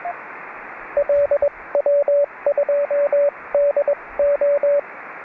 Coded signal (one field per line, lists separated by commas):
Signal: Morse code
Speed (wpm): 21 wpm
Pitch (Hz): 570 Hz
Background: radio noise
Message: LW2DO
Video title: QRP Five Band Linked Dipole Antenna